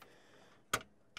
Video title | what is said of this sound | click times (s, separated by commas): How to upgrade a prebuilt Hp Pavilion PC into a Gaming Machine, Benchmarks 400w PSU RTX2060S Ram SSD | and they snap into here now from keeping these from hitting the fans | 0.7 s, 1.2 s